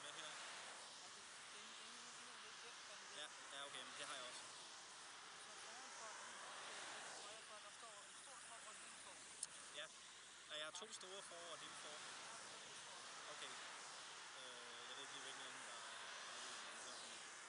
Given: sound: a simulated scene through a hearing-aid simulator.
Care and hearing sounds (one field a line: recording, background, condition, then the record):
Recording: conversation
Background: traffic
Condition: -4 dB SNR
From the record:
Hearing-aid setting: II (fast-acting compression, audibility-based gain, advanced features for about 2.5 dB of SNR improvement)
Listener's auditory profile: C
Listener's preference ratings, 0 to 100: 18, 3, 25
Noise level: 75 dB SPL